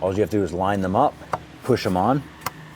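A hose quick-connect fitting is lined up and pushed onto a port on the back of the part during a camshaft timing magnetic adjuster replacement on a 2015-2020 Cadillac Escalade. Someone talks throughout, with a brief sharp tap near 2.5 s. Nothing has seated or clicked yet.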